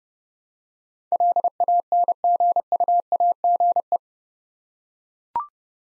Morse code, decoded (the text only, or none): LANGUAGE